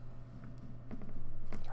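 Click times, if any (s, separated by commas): none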